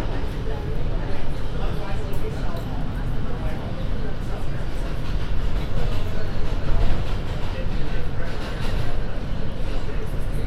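Inside a moving N train, a steady rumble of wheels and motor fills the low end, with a constant rattling hiss above it. Voices murmur through the ride, and the loudness swells slightly around the middle before settling back.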